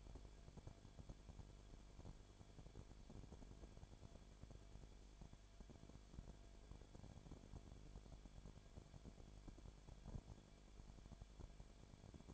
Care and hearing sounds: daily activity, microphone in the room; no activity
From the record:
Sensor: 5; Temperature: 19.8 degrees Celsius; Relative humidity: 33.3%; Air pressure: 1001.4 hPa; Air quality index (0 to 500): 32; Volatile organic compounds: 1 ppm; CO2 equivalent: 525 ppm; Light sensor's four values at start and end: 2/3/1/1 and 2/3/1/1

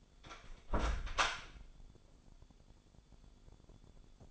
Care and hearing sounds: daily activity, microphone in the room; close door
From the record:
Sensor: 5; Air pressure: 1015.3 hPa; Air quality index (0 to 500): 203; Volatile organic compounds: 10 ppm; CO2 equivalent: 2205 ppm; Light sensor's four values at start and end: 36/81/33/31 and 36/81/33/31

